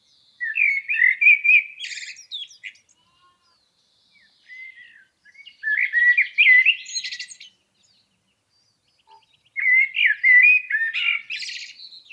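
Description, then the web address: Blackbird singing three mellow warbling phrases with high squeaky twitters, with pauses between them. "Environmental chamber testing blackbird"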